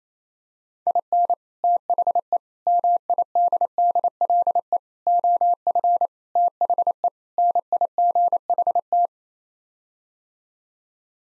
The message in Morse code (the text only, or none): IN THE MIDDLE OF THE NIGHT